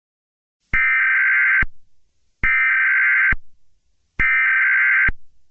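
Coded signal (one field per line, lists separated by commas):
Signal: Emergency Alert System (SAME) tones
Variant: header bursts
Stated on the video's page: Fictional EAS scenario themed on My Little Pony.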